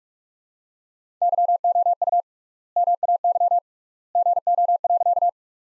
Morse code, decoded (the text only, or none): YOU MAY GO.